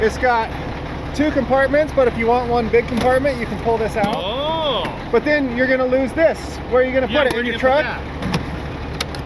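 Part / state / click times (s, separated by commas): removable divider panel into portable fridge compartment / seated / 9.0 s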